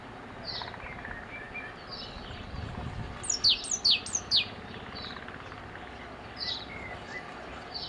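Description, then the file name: Great tit calls: one rapid burst of four sharp, high, downward-slurred notes midway, with quieter chirps before and after and low background noise. "Parus major"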